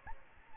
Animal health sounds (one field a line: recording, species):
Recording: mosquito wingbeat signal from an infrared sensor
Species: Aedes albopictus